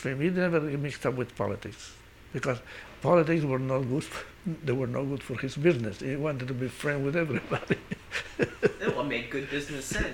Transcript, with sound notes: He never mixed up with politics, because politics were no good. They were no good for his business. He wanted to be friends with everybody. ( he laughs )
That would make good business sense.